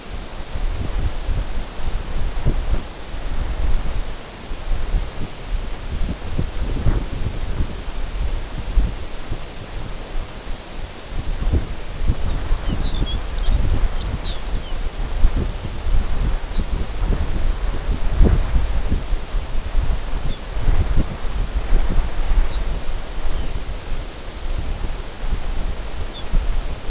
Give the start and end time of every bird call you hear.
12.22s-14.86s: Calcarius lapponicus
16.43s-16.70s: Calcarius lapponicus
20.16s-20.46s: Calcarius lapponicus
22.41s-22.68s: Calcarius lapponicus
23.23s-23.57s: Calcarius lapponicus
26.05s-26.27s: Calcarius lapponicus

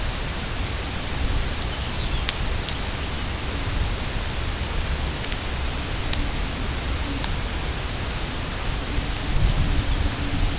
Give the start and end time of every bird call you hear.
1.58s-2.25s: Calcarius lapponicus
9.65s-10.04s: Calcarius lapponicus

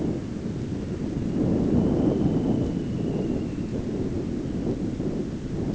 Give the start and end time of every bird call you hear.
1.05s-3.83s: Calidris alpina
4.30s-4.79s: Calidris alpina

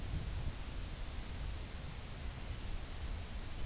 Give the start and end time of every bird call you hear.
0.93s-3.30s: Calidris alpina

